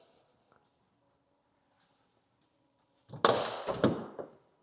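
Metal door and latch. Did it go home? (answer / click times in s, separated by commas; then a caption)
released / 3.2 s, 3.8 s. The passenger door of a 1979 Lincoln Mark V is opened, triggering the front seat back release latch. After near silence, the door opening brings a sharp click at 3.2 s and another at 3.8 s, followed by a fainter knock. The seat backs are released.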